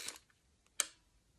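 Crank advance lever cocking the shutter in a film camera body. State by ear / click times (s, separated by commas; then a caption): seated / 0.8 s. A Kiev 60 medium-format film camera's crank (film advance) lever, just tightened after the shutter failed to engage properly, is wound to the end of its stroke. A soft ratcheting rasp at the start gives way to a short, sharp click at 0.8 s as the shutter cocks and engages, so the lever now seats properly.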